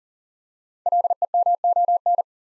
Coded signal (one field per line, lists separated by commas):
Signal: Morse code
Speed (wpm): 39 wpm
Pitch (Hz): 700 Hz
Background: none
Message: LEMON